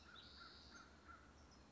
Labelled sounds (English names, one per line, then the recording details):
American Crow
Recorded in Sonoma County, California